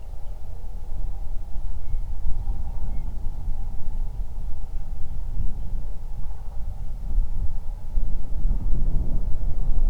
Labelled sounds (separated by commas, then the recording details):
bird, wind, man-made sound
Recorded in the Prudhoe Bay oil fields, Alaska, on 31 July 2019 at 07:42
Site 24